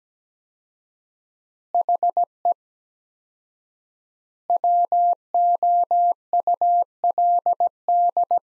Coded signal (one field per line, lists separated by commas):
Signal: Morse code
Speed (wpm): 17 wpm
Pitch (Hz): 700 Hz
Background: none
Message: HE WOULD